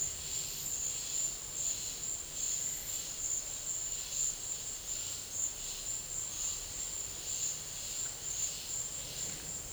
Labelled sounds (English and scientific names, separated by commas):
none